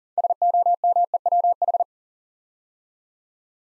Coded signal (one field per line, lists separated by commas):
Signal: Morse code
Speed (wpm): 40 wpm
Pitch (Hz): 700 Hz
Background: none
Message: SOMEWH